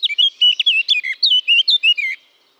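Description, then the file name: Eurasian blackcap song, a loud fluty warble of clear whistled notes, varied and rapid, lasting about two seconds before stopping. "Sylvia atricapilla"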